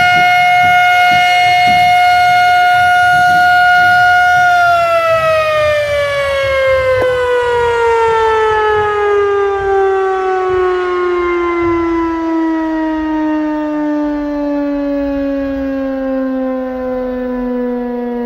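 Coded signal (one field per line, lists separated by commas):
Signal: siren signal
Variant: Codewell siren, simulated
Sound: steady rich siren tone for about 4.5 seconds, then slowly winding down in pitch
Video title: Gamewell/Cosgrave Codewell siren short alert - roblox studio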